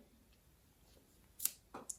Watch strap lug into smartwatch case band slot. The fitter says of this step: click that's securely in